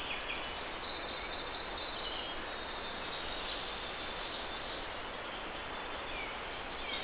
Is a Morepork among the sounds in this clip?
no